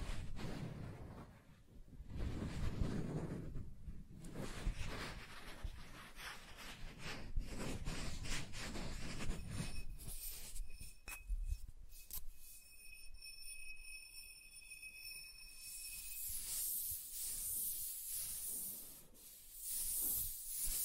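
Soft tracing and rubbing over a surface, with slow swelling strokes that are low and muffled for the first ten seconds. After that the strokes turn thinner and scratchier, with a few sharp ticks around twelve seconds and a steady high whine running through the middle.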